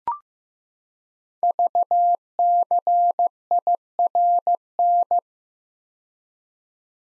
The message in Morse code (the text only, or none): VCIRN